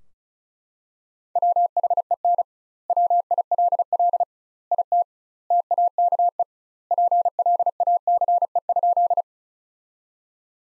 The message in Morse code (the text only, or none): WHEN WILL IT TAKE PLACE?